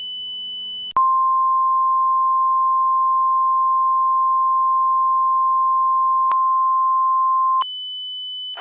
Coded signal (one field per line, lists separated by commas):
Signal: Emergency Alert System (SAME) tones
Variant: 1050 Hz attention tone